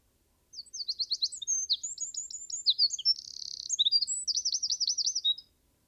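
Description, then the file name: Eurasian wren song: a loud, fast, high-pitched run of trills and sharp notes lasting about five seconds, including a rapid buzzy trill and rippling notes at the end. "Troglodytes troglodytes"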